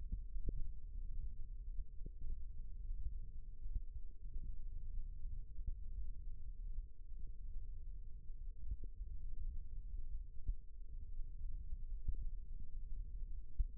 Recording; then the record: forearm muscle sounds (acoustic myography)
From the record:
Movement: thumb flexion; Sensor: system 1, eight BSWA MPA416 microphones around the upper forearm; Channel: 3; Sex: male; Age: 18 years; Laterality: right